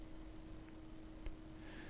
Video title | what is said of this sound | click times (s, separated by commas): Creation Stations CS49 CS61 assembly | then apply more pressure to push the tray all the way in until you hear it click in place | 1.3 s